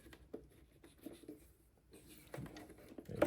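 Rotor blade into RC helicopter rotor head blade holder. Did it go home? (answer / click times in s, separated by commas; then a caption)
yes / 3.2 s. A rotor blade for a Flywing Bell 206 V4 470-size RC helicopter is pushed into the rotor head's quick-release blade holder and turned. Faint taps and scraping lead up to one loud, sharp click at 3.2 s as the blade locks in and is seated.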